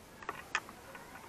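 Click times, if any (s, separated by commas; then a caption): none. A battery lead's plastic connector is being handled and pushed toward its socket on the circuit board of a payment sound box. Two short ticks are heard, at about 0.3 s and a louder one at about 0.6 s, over a quiet background. The connector has not seated or clicked in yet.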